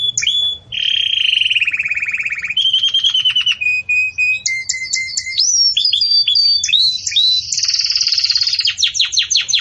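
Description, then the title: Belgian canary singing a lower rolling trill, short flat notes, then rapid chirps and a high, sustained buzzy roll with fast sweeping notes. Belgian canary song in the campainha (bell) style, used for tutoring young canaries. "Canto Do Canário Belga Campainha Para Encarte De Filhotes"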